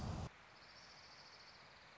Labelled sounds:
Orange-crowned Warbler (Leiothlypis celata)
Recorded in Sonoma County, California

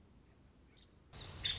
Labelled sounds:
Nuttall's Woodpecker (Dryobates nuttallii)
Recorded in Sonoma County, California

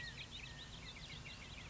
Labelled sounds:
California Quail (Callipepla californica)
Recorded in Sonoma County, California

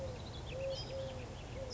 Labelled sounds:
Eurasian Collared Dove (Streptopelia decaocto)
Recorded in Sonoma County, California

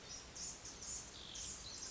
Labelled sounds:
Blue-gray Gnatcatcher (Polioptila caerulea)
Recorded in Sonoma County, California

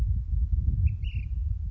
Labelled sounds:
Ash-throated Flycatcher (Myiarchus cinerascens)
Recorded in Sonoma County, California

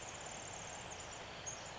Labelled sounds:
Pacific Wren (Troglodytes pacificus)
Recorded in Sonoma County, California

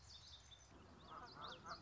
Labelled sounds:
Common Yellowthroat (Geothlypis trichas)
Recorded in Sonoma County, California

